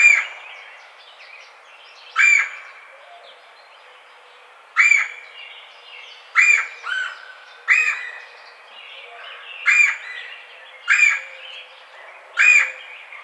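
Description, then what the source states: Red-bellied woodpecker calls, rough rolling notes spaced one to three seconds apart over quieter background birdsong. Recorded 4 May 2009.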